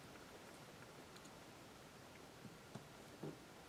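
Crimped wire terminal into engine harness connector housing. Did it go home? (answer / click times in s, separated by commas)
no / none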